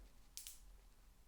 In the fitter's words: did you hear that click click